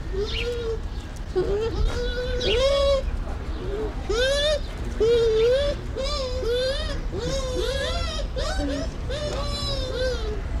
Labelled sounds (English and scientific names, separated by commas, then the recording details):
Bush Dog (Speothos venaticus)
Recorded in captivity
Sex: pair
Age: adult
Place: Zoo Berlin, Berlin, DE
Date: 1993-03-20 14:04
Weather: 5-12 °C, böiger Wind
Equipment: Marantz CP 430, Sennheiser ME 80, Kopie Uher Variocord 263
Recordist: Tembrock, Günter